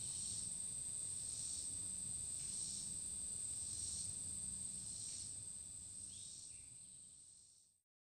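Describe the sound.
Cricket sustaining a thin high ringing note with soft periodic swells, and one short bird call near the end before the sound fades out.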